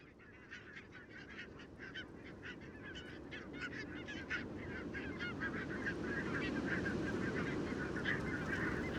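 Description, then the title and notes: Barnacle goose: barnacle geese calling, individual sharp barking notes distinct at first, then the chorus swells into a denser, louder wall of yelps. Flock of about 20,000 on wintering grounds at Renesse, Netherlands, 12 January 2009; very noisy winter gathering; recorded with Nagra LB and Telinga P7. "Renesse - Pays-bas. 20 000 Bernache nonnette ( Branta leucopsis) en Hollande"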